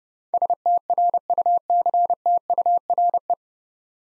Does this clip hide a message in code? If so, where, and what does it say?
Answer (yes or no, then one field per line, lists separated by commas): yes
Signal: Morse code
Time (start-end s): 0.3-3.3 s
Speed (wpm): 30 wpm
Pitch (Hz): 700 Hz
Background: none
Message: STRUCTURE